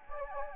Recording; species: mosquito wingbeat signal from an infrared sensor; Anopheles gambiae